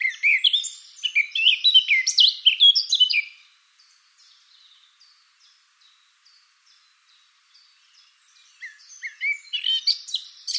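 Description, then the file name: Eurasian blackcap song: about three seconds of busy, loud warbling, then soft scattered notes, ending with a renewed warbled phrase. "Sylvia atricapilla"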